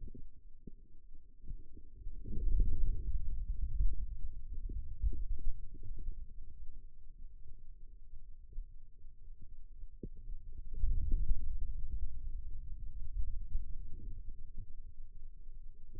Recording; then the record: forearm muscle sounds (acoustic myography)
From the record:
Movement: ulnar deviation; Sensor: system 2, bracelet of six BSWA MPA416 microphones around the upper forearm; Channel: 6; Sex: male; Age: 22 years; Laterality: right